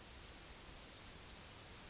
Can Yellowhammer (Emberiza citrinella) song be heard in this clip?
no